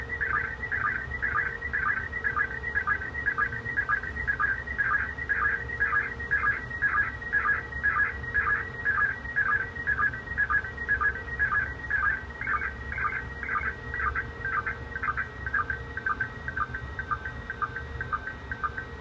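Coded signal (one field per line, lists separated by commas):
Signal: SSTV (slow-scan television)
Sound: warbling tones with rhythmic chirps about twice a second, like a scanning image signal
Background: radio static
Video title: ISS SSTV download 08/03 1900 UTC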